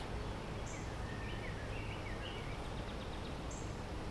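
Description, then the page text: Scarlet tanager singing a few faint, raspy slurred phrases in a row, with brief high thin notes before and after, over steady background noise. Recorded in Maryland, shared through iNaturalist. "Maryland Biodiversity - View Thumbnails - User: 13008-Scarlet Tanager ( Piranga olivacea ). Scarlet Tanager by David via iNaturalist"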